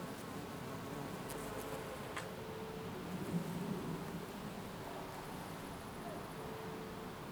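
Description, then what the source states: Bee buzzing, soft intermittent hums that come and go over a hissing outdoor background. Bees in a garden in Jette, Belgium, on a sunny summer day; recorded with Sony PCM-D100 internal microphones in wide position.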